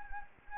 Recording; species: mosquito wingbeat signal from an infrared sensor; Anopheles arabiensis